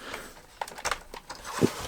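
A plastic side extension rail clipped into the side of an RC semi lowboy trailer is pushed in at its small release button and lifted, worked along the trailer. It unclips with a sharp click at 0.6 s, followed by further plastic clicks and rattles. The extension comes free and off the trailer.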